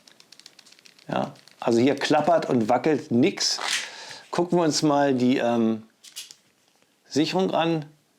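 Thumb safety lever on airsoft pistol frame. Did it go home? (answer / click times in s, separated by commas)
no / none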